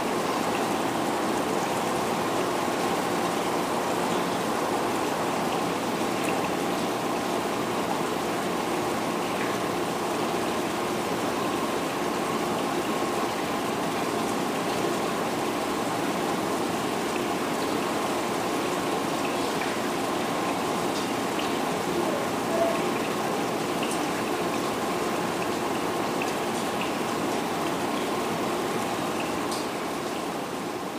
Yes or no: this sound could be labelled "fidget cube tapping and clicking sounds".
no